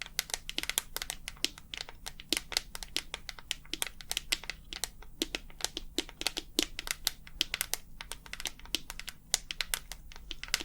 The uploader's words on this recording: ASMR 100% Tapping for the BEST Sleep ~ with long nails, no talking.